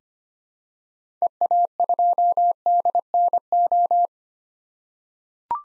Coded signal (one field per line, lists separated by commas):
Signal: Morse code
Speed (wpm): 25 wpm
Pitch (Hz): 700 Hz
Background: none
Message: EA2DNO